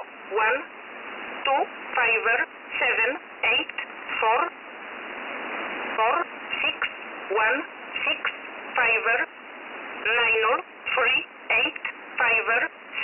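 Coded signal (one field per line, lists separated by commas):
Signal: numbers station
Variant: E11 Oblique, English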